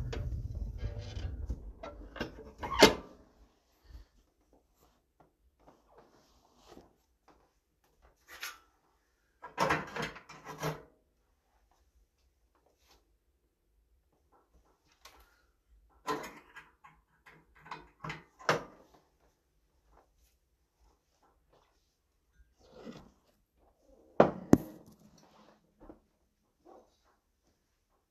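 Footsteps and wooden knocks on a wooden floor come in short, irregular bursts separated by long silences. It opens with a dense, rumbling stretch, then scattered clunks and creaks, like a drawer or door, arrive around 9–10, 16–18 and 24–25 seconds.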